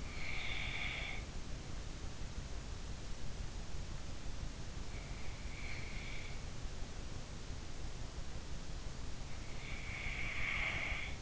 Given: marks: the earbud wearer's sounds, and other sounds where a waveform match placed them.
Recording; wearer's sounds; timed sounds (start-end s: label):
sounds in sleep by an in-ear microphone; breath
0.00-1.25 s: breath
9.99-11.22 s: breath